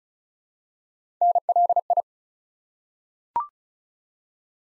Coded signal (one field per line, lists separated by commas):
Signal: Morse code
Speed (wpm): 36 wpm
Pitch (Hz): 700 Hz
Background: none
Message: NLI